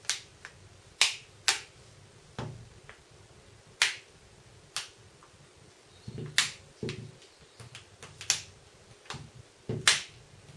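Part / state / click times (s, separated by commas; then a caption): plastic back cover clips onto smartphone frame / seated / 1.0 s, 1.5 s, 3.8 s, 6.4 s, 8.3 s, 9.9 s. A plastic back cover is pressed around the edges of a Samsung Galaxy Note 2 (GT-N7100) and clipped onto the smartphone frame during reassembly. Sharp, loud snaps ring out as the clips engage at 1.0, 1.5, 3.8, 6.4, 8.3 and 9.9 seconds, with fainter clicks in between. The back cover ends up seated in place.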